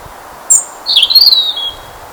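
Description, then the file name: European robin uttering a sharp high note, then a thin, shimmering phrase of fast twittering notes that slides gently downward. "Erithacus rubecula"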